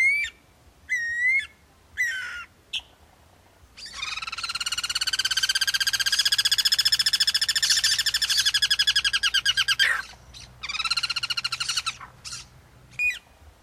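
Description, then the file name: Guira cuckoo giving a few whistled notes, then a long, fast, harsh rattling chatter that holds steady for six seconds, pauses, and resumes briefly before a final whistle. Recorded in the Pantanal. "Anu Branco"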